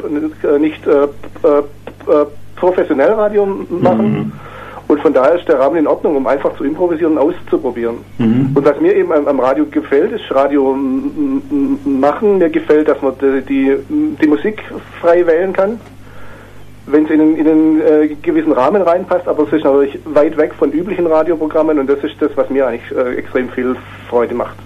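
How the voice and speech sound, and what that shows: A 44-year-old man on a radio show made by people who stutter speaks German in mostly fluent phrases, broken by repeated tense glottal "eh" starts before a word, drawn-out vowels, a repeated "d- die, die" and a strained start on "extrem". These blocks, repetitions and prolongations are typical of stuttering.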